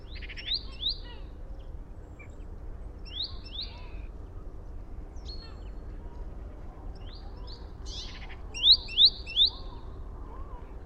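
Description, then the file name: Great tit calls: short, high chirps sweeping downward, given in small clusters with pauses between, loudest near the end, over low background noise. "Parus major"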